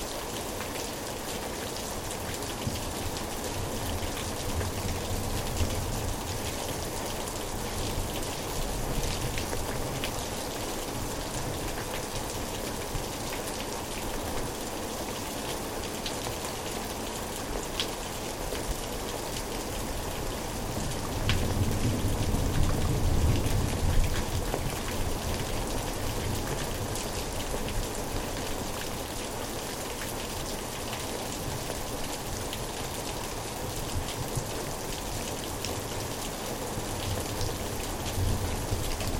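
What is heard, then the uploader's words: Heavy rain falls steadily in a backyard, a dense, even hiss of countless drops with faint patters on surfaces. About twenty seconds in, a low rumble of thunder swells for several seconds, then fades back beneath the constant downpour. Thunder to heavy rain - backyard recording. Recorded by Anton Pickard.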